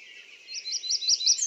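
American redstart song fragment: a series of short, high, evenly spaced notes growing louder.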